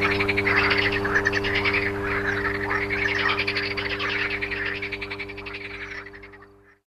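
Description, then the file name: Frog chorus of rapid pulsed croaks that fades away at the end, over a steady electrical hum. Frogs recorded alongside a humming electrical transformer. "grenouilles et transformateur"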